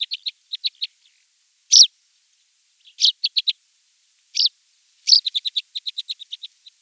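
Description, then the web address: Tawny pipit flight calls, short high chirps mixed with a few louder sharp notes, ending in a quick run of evenly spaced tiny notes. "Schulze Peter Tawny Pipit flightcalls"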